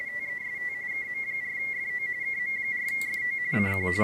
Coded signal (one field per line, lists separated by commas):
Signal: RTTY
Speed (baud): 45.45 baud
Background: speech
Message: TEST KM4FO KM4FO CQ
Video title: Weekly RTTY and Stuff. 07-31-2026